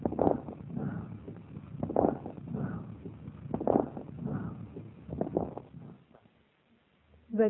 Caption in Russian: Пациентки с так называемым экзогенным аллергическим альвеолитом, развившимся в результате частого профессионального контакта с органической пылью. Типичных аускультативных признаков данной группы заболеваний – ослабленного дыхания и громкой крепитации. Сначала над поверхностью правого легкого.